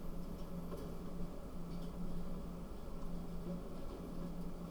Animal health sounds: poultry house recording; no chicken sound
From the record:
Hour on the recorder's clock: 22

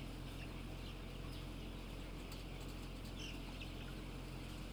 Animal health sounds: poultry house recording; healthy chickens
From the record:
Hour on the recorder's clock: 12

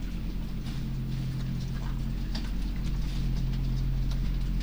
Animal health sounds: poultry house recording; sick chickens (respiratory disease)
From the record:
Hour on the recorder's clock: 22

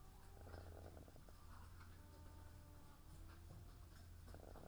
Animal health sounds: poultry house recording; sick chickens (respiratory disease)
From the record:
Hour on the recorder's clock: 15

